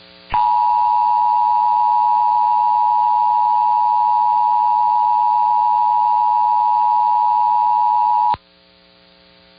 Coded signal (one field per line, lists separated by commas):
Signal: Emergency Alert System (SAME) tones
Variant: 853 and 960 Hz attention tone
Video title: [EAS #2069-#2071] KPWR Weekly Test & Pennsylvania Statewide Required Monthly Tests